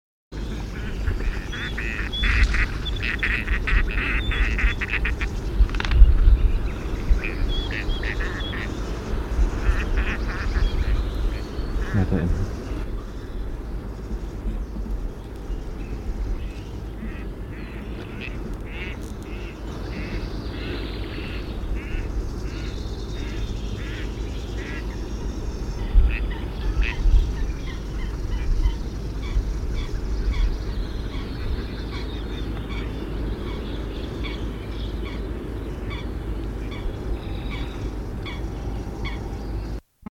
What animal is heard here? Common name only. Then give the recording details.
Gadwall. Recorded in the wild. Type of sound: call. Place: Schwerin, Schweriner Außensee, Mecklenburg-Vorpommern, DE. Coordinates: 53.721, 11.461. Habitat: lake. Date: 1975-05-09. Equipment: Nagra III BH, Sennheiser MD 21, parabola. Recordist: Schubert, Michael. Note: Schnatterenten, Rufe u. a. bei Reihflügen